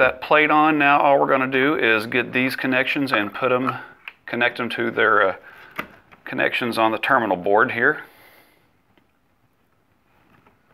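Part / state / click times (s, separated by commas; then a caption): wire harness connector into access control terminal board / not seated / none. Wiring connectors from a Uniview OET-213H-BTS1 / OET-213H-BTM32 face and body temperature terminal are being handled for plugging into their matching sockets on the terminal board while someone talks. Two short, sharp handling taps are heard at about 5.8 s and 6.1 s between the talk, then the sound fades to near silence. Nothing has seated or clicked into place yet.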